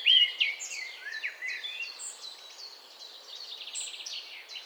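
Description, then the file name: Eurasian blackcap song: an opening clear whistled note, then a fast, scratchy, high warble of varied chirps and trills running throughout with no pauses. "Sylvia atricapilla"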